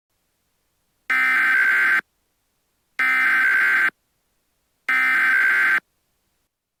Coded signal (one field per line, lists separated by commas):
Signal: Emergency Alert System (SAME) tones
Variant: header bursts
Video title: EAS Scenario #18: Corrosiva: The Blue-Green Goo